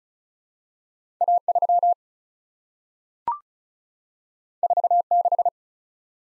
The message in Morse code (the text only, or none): A3 46